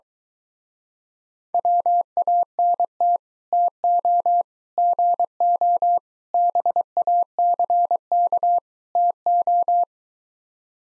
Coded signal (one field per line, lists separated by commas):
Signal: Morse code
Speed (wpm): 23 wpm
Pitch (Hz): 700 Hz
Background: none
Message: WANT TO GO BACK TO